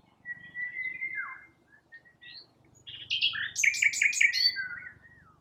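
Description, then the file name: Common nightingale song opening with a long level whistle that drops, followed by a fast repeated series of sharp notes. "Luscinia megarhynchos"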